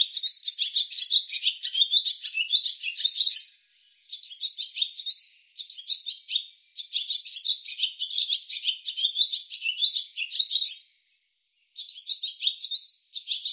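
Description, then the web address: Barn swallow twittering song: rapid, scratchy chattering phrases with a high buzzy quality, given in several long bursts separated by short pauses. "cianscape birddata Deverinetal 2025"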